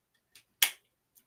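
A plastic part is pressed onto an action figure and seats securely with one sharp, bright click at 0.6 s. Fainter brief ticks are heard just before and after it.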